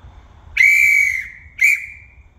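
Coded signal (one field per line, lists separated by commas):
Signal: whistle signal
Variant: crane signal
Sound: two shrill whistle blasts, the first a bit longer than the second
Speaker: left is one long one short makes an l for left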